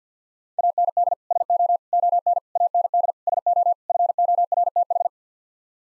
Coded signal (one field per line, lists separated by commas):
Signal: Morse code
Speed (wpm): 50 wpm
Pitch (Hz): 700 Hz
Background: none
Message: AND SO ON AND SO FORTH